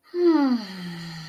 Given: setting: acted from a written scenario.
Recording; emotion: vocal sound without words; neutral